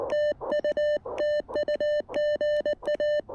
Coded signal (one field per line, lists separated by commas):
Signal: Morse code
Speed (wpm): 19 wpm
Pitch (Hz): 1800 Hz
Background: music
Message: TU TU GA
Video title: Exploring the Mountains-to-Sea Trail: POTA Activation feat. Hazel and the Elecraft KX1!